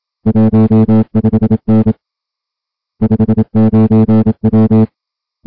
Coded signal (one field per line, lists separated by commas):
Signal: Morse code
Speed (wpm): 27 wpm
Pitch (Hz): 220 Hz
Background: music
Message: 15N 59W